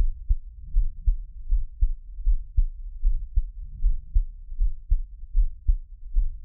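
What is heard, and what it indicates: Soft, regular low thumps of an adult heartbeat, about 78 beats a minute, heard close up as ASMR with no talking.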